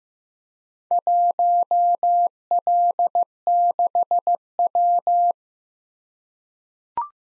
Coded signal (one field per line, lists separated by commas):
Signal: Morse code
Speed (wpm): 15 wpm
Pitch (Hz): 700 Hz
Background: none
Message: 1L6W